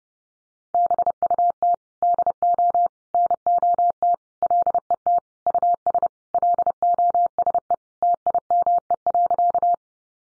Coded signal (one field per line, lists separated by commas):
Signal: Morse code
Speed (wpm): 30 wpm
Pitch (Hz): 700 Hz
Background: none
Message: BUT DO NOT LET US LOSE TIME.